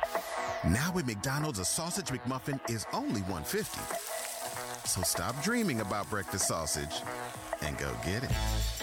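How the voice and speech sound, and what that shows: An adult announcer reads a fast-food ad in clear, fluent, ordinary speech over background sizzling sound effects.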